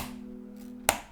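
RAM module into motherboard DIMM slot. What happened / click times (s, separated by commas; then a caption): The memory module clicked into its slot / 0.9 s. A RAM module is pressed down into a motherboard DIMM slot over a steady low hum until the retaining clips snap shut with a sharp, bright click at 0.9 s. The module is seated.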